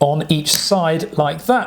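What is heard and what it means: A search-light accessory with plastic clips is being handled on top of a Wingsland S6 drone, resting on its accessory bracket with eight metal contacts, with the clips about to be pushed in on each side. Only someone talking is heard. Nothing has clicked or seated yet.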